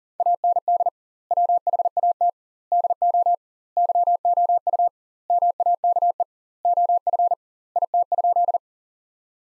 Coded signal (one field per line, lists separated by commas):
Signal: Morse code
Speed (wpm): 40 wpm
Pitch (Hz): 700 Hz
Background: none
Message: AND WHAT DO YOU MAKE OF IT?